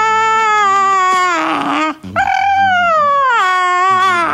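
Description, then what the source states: Dog (Chihuahua mix): long whining moans that slide down in pitch, a short break, then a rising yowl that falls away again. Chihuahua mix, grumpy, resisting and staying put; played from an online video.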